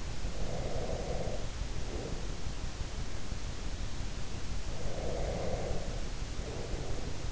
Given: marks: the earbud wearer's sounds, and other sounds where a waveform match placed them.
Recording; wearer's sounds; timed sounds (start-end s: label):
sounds in sleep by an in-ear microphone; breath
0.23-2.57 s: breath
4.69-7.32 s: breath